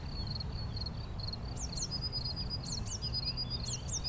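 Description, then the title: Cricket song, a steady high pulsed chirping held on one pitch throughout, with a few quick descending bird-like notes and a low background rumble. Lone cricket, among the first of the season, singing for some days now in an intermittent, discontinuous way; Chindrieux, France. "Chindrieux, France - grillon seul"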